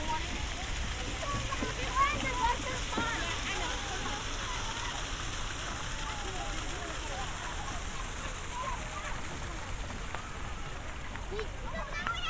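A binaural walk through the city, with a steady wash of hiss and rumble running the whole time, like traffic or moving water. Voices murmur and chatter through it, overlapping, with a few brief sharper clicks and knocks near two and twelve seconds.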